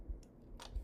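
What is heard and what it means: Two plastic hilt sections of a build-your-own toy lightsaber, lined up by matching their red and blue squares, are handled as they are brought together. Only faint handling ticks are heard, near 0.2 s and 0.6 s, over a low rumble. The sections have not snapped into place yet, and nothing has seated or clicked.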